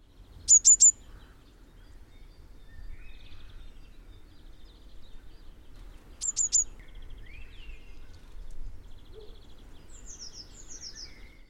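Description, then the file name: Eurasian blue tit calls: high, thin triple notes given twice, about six seconds apart, with fainter chips and short descending series over a low background rumble. "Cyanistes caeruleus"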